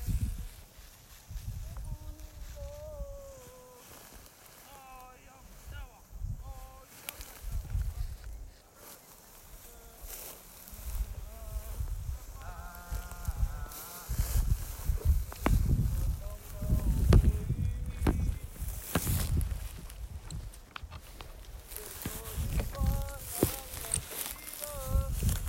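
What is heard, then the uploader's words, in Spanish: Sounds of a New Zealand summer outdoors: chirping, whistling bird calls come and go in short repeated phrases throughout, with brief gaps of quiet. Low rumbling thumps and handling noises cluster near the middle and around 17 seconds, and a faint voice or murmur sits underneath. Este es un audio ambiental, de los ahora nostálgicos sonidos del verano Neozelandés, es una postal auditiva desde el pequeño pueblo de Mangawhai.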